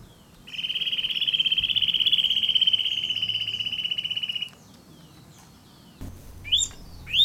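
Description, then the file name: Eurasian nuthatch singing a long, steady, rapid trill of identical high notes lasting about four seconds, followed by a pause and a couple of sharp calls. "canto verso picchio muratore sitta europaea wood Nuthatch kleiber"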